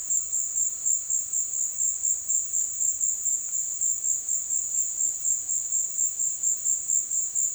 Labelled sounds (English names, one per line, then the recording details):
none
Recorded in dense forest near Puerto Asís, Putumayo, Colombia, on 18 February 2024 at 16:00
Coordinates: 0.496, -76.326
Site G6383